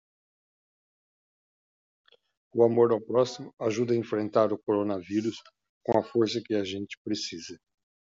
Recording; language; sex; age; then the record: spoken sentence; Brazilian Portuguese; male; 70 to 79 years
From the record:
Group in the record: control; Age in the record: 70 years